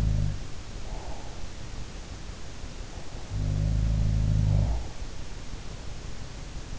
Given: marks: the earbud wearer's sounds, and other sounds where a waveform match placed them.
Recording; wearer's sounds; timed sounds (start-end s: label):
sounds in sleep by an in-ear microphone; breath
0.00-1.93 s: sound from someone else or the room
0.48-1.93 s: breath
3.19-5.26 s: sound from someone else or the room
4.15-5.26 s: breath